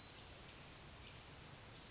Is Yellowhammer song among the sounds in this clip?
no